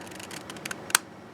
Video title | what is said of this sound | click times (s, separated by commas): How to Fold: Sea Urchin Kusudama - Origami Ball - Spiky Flower Ball - Paper Crafts - Summer Crafts | yeah, that sound right there. | 1.0 s